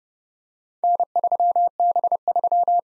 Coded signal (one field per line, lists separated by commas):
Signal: Morse code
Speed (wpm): 29 wpm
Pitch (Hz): 700 Hz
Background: none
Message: N3B3